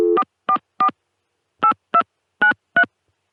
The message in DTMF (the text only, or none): 444 8293